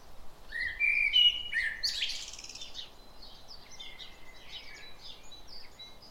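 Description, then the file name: Common blackbird song: a mellow fluted warble, then a high squeaky twitter, followed by faint chirps. "Turdus merula"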